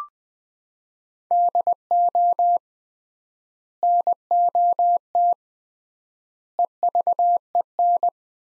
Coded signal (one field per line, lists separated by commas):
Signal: Morse code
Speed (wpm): 20 wpm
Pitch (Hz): 700 Hz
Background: none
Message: DO NOT EVEN